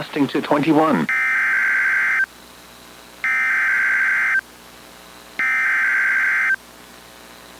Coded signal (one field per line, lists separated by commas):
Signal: Emergency Alert System (SAME) tones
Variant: header bursts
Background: speech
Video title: FIRST TORNADO OF 2026 | 3/11/2026 (EAS #1,811-29)